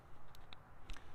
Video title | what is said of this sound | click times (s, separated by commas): Southwest Precision Mod-Comp - The Glock Comp To Rule Them All | give it a quick push and we're gonna twist it into place and you'll hear it lock | 0.5 s, 0.9 s